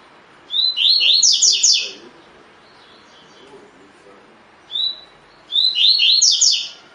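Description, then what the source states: Double-collared seedeater singing two fast phrases of high slurred, chirping notes, separated by a few seconds of quiet, with a short lone whistle just before the second phrase. Song in the "tui tui" style, with the bird described as "fibra"; Brazilian Portuguese name coleiro de gola.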